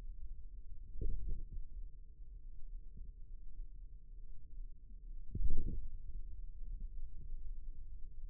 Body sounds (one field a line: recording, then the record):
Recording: forearm muscle sounds (acoustic myography)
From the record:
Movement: radial deviation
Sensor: system 2, bracelet of six BSWA MPA416 microphones around the upper forearm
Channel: 4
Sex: male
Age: 22 years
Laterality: right